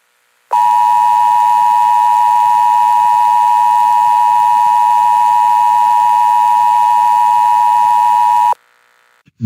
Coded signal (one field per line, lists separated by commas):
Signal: Emergency Alert System (SAME) tones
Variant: 853 and 960 Hz attention tone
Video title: EAS Scenario: The Government Shutdown of 2018 (December 22, 2018, January 5, 2019)